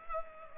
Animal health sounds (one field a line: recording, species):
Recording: mosquito wingbeat signal from an infrared sensor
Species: Culex pipiens